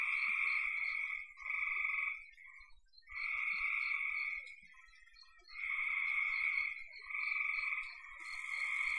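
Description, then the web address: Frogs make buzzy trills lasting one to two seconds, broken by pauses, with a faint hiss near the close. "cn frogs"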